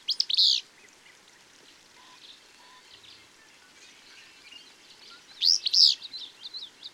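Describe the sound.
Bird song: a bright high chirp burst opens, then quiet twittering, then a louder cluster of high chirps near the end.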